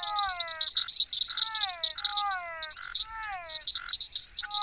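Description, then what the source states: Frogs croaking in short falling notes repeated in small groups, alternating with brief hoarse bursts, over dense high insect pulsing and a steady whine. Frogs together with insects.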